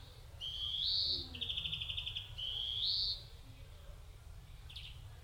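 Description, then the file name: European greenfinch song: a nasal rising wheeze, a dry trill, then another rising wheeze, followed by a brief chirp. "Chloris chloris"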